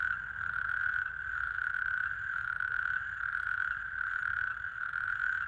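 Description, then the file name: Natterjack toad giving an unbroken rattling churr that holds steady at one pitch throughout, over a soft low hum. "crapaud calamite"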